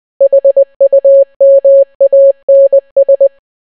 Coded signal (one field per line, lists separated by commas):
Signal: Morse code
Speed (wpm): 20 wpm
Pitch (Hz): 550 Hz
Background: none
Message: HUMANS